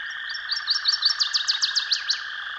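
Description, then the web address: Northern waterthrush song: short upslurred high notes speed into a run of loud, ringing downslurred sweeps, over a steady droning background hum. "Dan Gibson's Solitudes Songbirds Northern Waterthrush"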